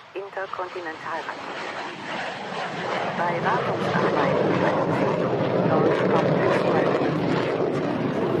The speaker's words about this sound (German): Das war ein Tornado, das war kein Flugzeug von uns, der jetzt gerade drüber ist. Das war von einem anderen Flugplatz. Die machen schon mal gelegentlich Übungsanflüge.